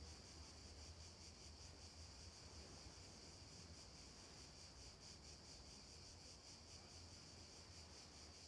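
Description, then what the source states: Cicada chorus: a steady, high shimmering drone that pulses slightly throughout, with a low rumble underneath. Cicadas at night.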